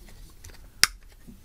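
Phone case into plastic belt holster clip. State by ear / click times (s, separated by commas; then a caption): seated / 0.8 s. An iPhone X Zizo phone case is pushed into its plastic belt holster, and the holster clip locks into place with a single sharp snap at 0.8 s, so the holster can serve as a kickstand. Faint small ticks come just before and after the snap against a quiet background.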